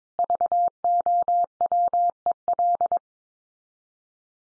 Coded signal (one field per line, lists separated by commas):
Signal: Morse code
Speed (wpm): 22 wpm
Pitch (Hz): 700 Hz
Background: none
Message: VOWEL